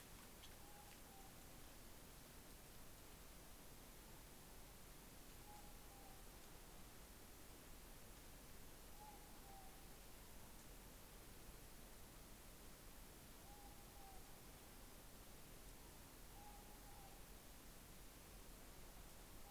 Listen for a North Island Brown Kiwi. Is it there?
no